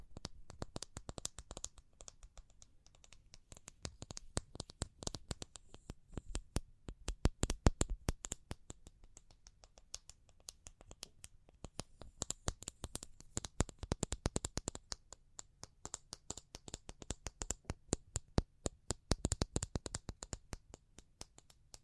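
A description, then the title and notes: Tapping comes in dense, rapid runs of sharp clicks that thin out into slower, sparser taps, then speed up again around the middle and near the end. Each tap is crisp and bright, with a faint low rumble underneath throughout. ASMR Pure Tapping Fast and Slow (No Talking).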